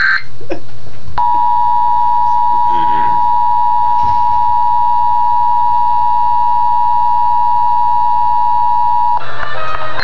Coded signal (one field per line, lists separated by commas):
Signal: Emergency Alert System (SAME) tones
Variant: 853 and 960 Hz attention tone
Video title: National Emergency Alert System test FAIL